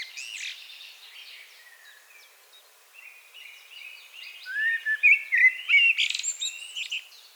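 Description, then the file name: Common blackbird song: faint, scattered notes at first, then a louder run of warbled and twittering notes over the final three seconds. "Turdus merula"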